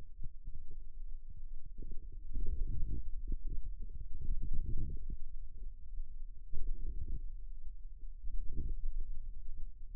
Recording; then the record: forearm muscle sounds (acoustic myography)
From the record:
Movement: radial deviation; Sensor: system 2, bracelet of six BSWA MPA416 microphones around the upper forearm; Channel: 5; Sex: male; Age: 22 years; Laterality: right